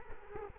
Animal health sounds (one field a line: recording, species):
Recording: mosquito wingbeat signal from an infrared sensor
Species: Culex quinquefasciatus